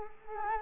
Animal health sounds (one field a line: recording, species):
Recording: mosquito wingbeat signal from an infrared sensor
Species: Culex quinquefasciatus